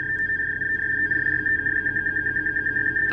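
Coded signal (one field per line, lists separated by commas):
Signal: digital selective calling (DSC)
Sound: continuous fast warbling two-tone chirr around 1.7 kHz, like rapid Morse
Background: low hum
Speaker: Ayan oh, yan yung tunog na yan eh. Tapos, pagtapos, oh yun, mag-iilaw siya. Tapos print ng receive message.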